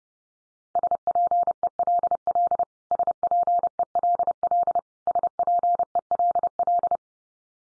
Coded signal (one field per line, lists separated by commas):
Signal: Morse code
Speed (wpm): 30 wpm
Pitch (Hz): 700 Hz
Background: none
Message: SPELL SPELL SPELL